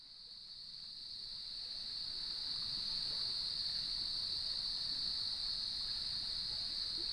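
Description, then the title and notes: Crickets in a chorus: a steady, high, shimmering trill that swells in during the first seconds, then holds without a break, with a soft low wash underneath. Evening chorus at sunset on the beach of Lighthouse West Natural Area, Leelanau Peninsula, beside gnarled cedar trees, waves in the background. "Sounds of Leelanau Peninsula: Lighthouse West Natural Area. Nature is my Jam. As I approached the beach, the sun was just setting, and the crickets made themselves known"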